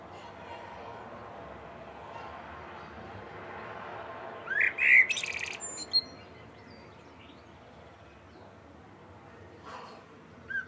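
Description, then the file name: Common blackbird singing a single short fluty warble ending in thin high squeaks, over a steady background rush of noise. "Turdus merula"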